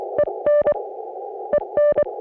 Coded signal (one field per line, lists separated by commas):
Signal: Morse code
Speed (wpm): 26 wpm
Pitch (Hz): 560 Hz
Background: none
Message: EN EN